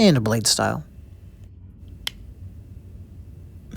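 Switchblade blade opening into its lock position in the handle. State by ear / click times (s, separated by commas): partly seated / 2.1 s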